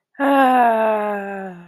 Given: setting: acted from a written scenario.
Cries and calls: vocal sound without words; contentment

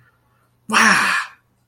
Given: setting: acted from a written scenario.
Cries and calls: vocal sound without words; positive surprise

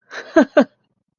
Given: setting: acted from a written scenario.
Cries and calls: vocal sound without words; amusement

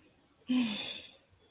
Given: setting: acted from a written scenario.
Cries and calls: vocal sound without words; shame

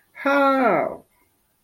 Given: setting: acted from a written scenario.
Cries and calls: vocal sound without words; pain

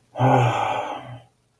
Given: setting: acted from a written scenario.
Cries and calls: vocal sound without words; contempt

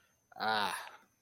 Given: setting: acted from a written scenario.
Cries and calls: vocal sound without words; guilt

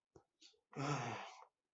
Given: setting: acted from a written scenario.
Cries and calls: vocal sound without words; shame

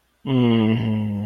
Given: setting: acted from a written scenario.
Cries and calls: vocal sound without words; sympathy

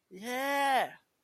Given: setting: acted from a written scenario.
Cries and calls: vocal sound without words; triumph

